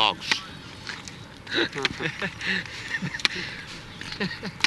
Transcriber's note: laughter